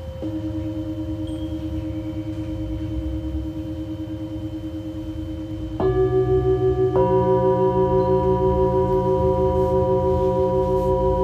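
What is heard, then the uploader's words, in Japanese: Tibetan singing bowls ring in long, steady sustained tones, one clear low-mid hum carrying through the first half. Near six seconds a fresh strike adds fuller, louder overlapping pitches, and another at seven thickens the shimmering drone, which then holds with a gentle wavering pulse. チベタンシンギングボウル。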